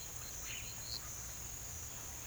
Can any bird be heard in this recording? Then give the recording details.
no. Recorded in pastures near Puerto Asís, Putumayo, Colombia, on 20 December 2024 at 07:00. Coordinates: 0.472, -76.329. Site G072